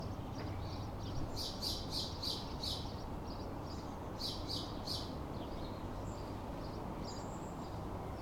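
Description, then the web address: Sparrows chatter in two quick bursts of repeated chirps, then quieter single notes, over steady low traffic noise. Sparrows on a town street on a calm afternoon, with traffic. "Systematic-Sound - General Ambience Series – Towns Villages 01 AMB TOWN Street Calm Afternoon Sparrows Traffic"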